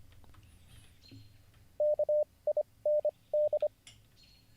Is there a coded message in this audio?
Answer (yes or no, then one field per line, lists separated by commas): yes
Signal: Morse code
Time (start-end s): 1.8-3.7 s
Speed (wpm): 25 wpm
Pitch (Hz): 590 Hz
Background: none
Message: KIND